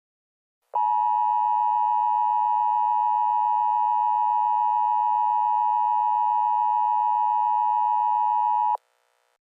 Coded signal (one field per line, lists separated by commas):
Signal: Emergency Alert System (SAME) tones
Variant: 853 and 960 Hz attention tone